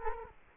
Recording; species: mosquito wingbeat signal from an infrared sensor; Culex quinquefasciatus